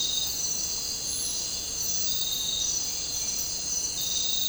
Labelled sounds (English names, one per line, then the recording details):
none
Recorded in dense forest near Puerto Asís, Putumayo, Colombia, on 13 March 2025 at 02:00
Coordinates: 0.467, -76.328
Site G041